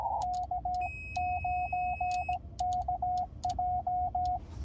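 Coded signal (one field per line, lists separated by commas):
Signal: Morse code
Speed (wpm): 18 wpm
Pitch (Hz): 720 Hz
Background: radio noise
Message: K9KJ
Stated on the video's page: Morse DX contact from Indiana to New York.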